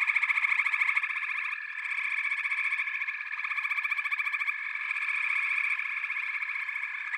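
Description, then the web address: Frogs calling together in a chorus, rapid pulsing trills over a steady high drone, loudest at the start. "Nature Sounds The Natural Sounds of the Wilderness. Echoes of Nature - Frog Chorus"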